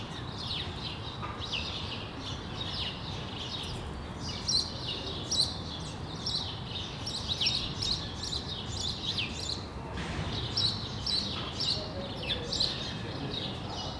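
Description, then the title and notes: Sparrows chirping in repeated short notes throughout, over a steady low background rumble. Recorded on Rue de l'épargne, Brussels, Belgium, on World Sparrow Day; Lom mikroUši microphone into Deity PR-2 recorder. "Rue de l'épargne, Bruxelles, Bruxelles-Capitale, Belgique - World Sparrow Day. Sparrows - moineaux"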